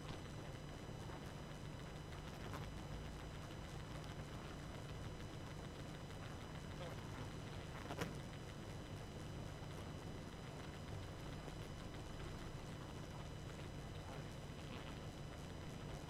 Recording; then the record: honeybee colony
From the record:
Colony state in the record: active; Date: 12 June 2018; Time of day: 22:31